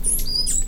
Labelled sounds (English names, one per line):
Stitchbird song